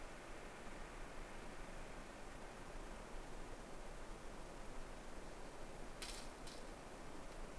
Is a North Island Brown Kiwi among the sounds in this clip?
no